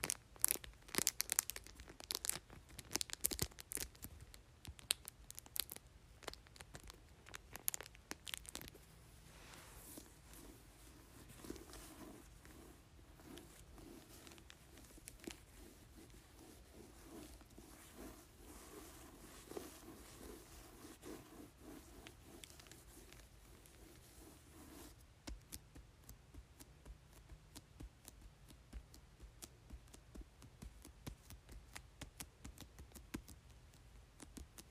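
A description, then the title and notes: Tapping and crinkling on a book cover, with rapid, sharp clicks and crackles packed densely through the first nine seconds. After that the crinkling settles into a softer, steady rustle with scattered light taps, and a thin hiss runs through the last ten seconds. Tapping and Crinkling Book Cover.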